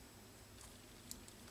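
A cap screw is turned backwards in a threaded hole in a plastic chassis part of an HBX 16889 Ravage RC car. It gives a sharp little click at 1.1 s as its thread drops and seats into the old thread cut in the plastic, with a fainter tick at 1.3 s. Seating it this way stops the screw stripping out the plastic thread.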